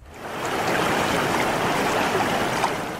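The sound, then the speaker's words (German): Ocean surf rushes onto a beach with algae-covered stones south of Porto in a steady, broad roar of hissing water that swells up at the start and holds without pause, with no voices. “Die Brandung, die Weite, die algenbewachsenen Steine an einem Strand südlich von Porto, wo Sofia de Mello Breiner Andresen die Sommer ihrer Kindheit und Jugend verbrachte.”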